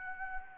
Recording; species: mosquito wingbeat signal from an infrared sensor; Anopheles gambiae